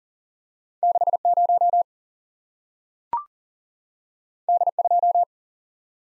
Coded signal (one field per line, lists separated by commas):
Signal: Morse code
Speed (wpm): 41 wpm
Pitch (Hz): 700 Hz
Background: none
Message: 6 0 D 2